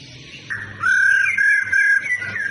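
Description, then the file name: Laughingthrush whistling one phrase of clear notes. Female laughingthrush sound (khướu mái rô) used to stimulate male birds to sing. "Tieng khuou mai ro kich trong hot"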